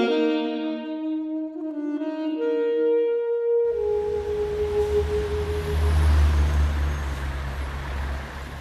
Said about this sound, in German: Der Verkehr an einer lauten Straße.